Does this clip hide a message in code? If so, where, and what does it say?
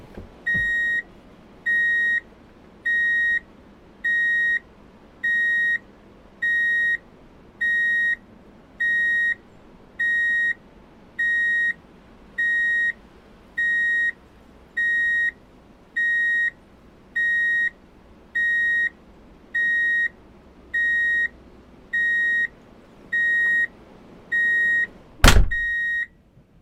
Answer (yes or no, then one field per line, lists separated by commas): no